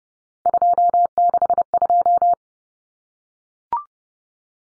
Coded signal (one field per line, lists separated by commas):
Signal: Morse code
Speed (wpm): 30 wpm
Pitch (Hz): 700 Hz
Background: none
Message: 262